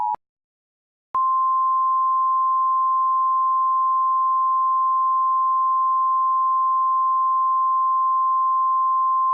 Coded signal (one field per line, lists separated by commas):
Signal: Emergency Alert System (SAME) tones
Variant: 853 and 960 Hz attention tone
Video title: National Severe Thunderstorm EAS Scenario Part 1